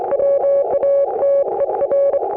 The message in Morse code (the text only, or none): WATER